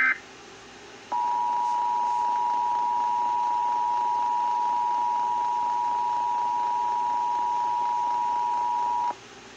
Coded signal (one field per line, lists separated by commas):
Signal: Emergency Alert System (SAME) tones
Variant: 853 and 960 Hz attention tone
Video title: EAS #42 new station